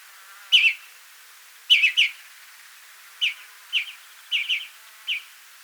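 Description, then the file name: European greenfinch calls, sharp chirps given singly and in quick doubles, spaced irregularly throughout. "Chloris chloris"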